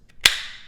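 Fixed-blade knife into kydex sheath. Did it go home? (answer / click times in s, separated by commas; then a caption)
yes / 0.3 s. A small Kizer Baby fixed-blade knife (AZO design) is pushed into its kydex sheath, with a faint tick at 0.1 s before a sharp, bright click at 0.3 s as it snaps into the retention. The knife is fully seated with a positive click and no rattle.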